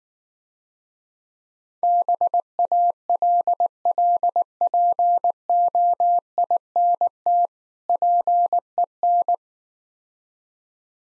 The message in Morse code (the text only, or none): BALLPOINT PEN